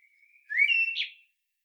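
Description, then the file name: Common blackbird giving a single clear whistled note that rises and ends in a short burst, lasting under a second. "Turdus merula"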